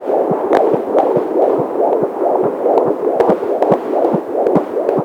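Rapid rhythmic whooshing pulses at about 143 a minute, an unborn baby's heartbeat heard by Doppler.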